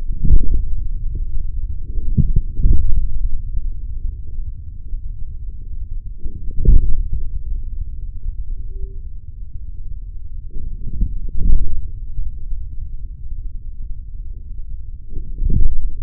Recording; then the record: forearm muscle sounds (acoustic myography)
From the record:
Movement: forearm pronation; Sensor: system 3, bracelet of six PUI Audio POM-2738L microphones around the upper forearm, with dedicated amplification and filtering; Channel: 1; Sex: male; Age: 56 years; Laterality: right